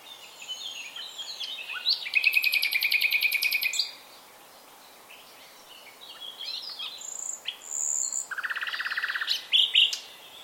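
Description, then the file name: Common nightingale song: a rapid, rattling trill lasting about two seconds, then a pause, high pure whistles and a second burst of fast repeated notes. "Luscinia megarhynchos"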